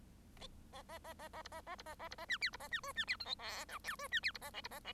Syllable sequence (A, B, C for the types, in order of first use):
A A A A A B A A B A A B A C D B A C E C D F G H I J E C D B A K B A K